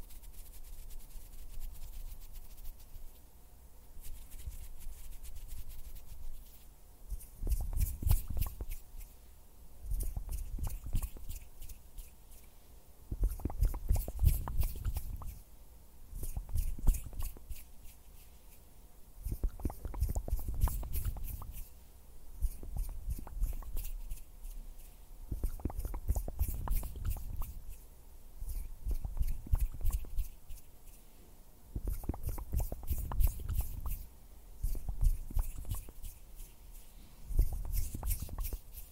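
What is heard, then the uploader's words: Hand sounds and soft mouth sounds come in bursts of crackly fluttering every few seconds, with low thumps and quieter pauses between them. Hand sounds, finger fluttering, mouth sounds.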